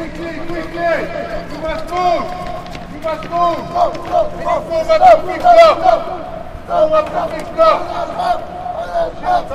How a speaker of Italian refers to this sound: Quelle che sentite in sottofondo sono le voci di alcune unità della polizia sudafricana che si stanno esercitando qui all'interno dello stadio di Port Elizabeth, il Nelson Mandela Bay Stadium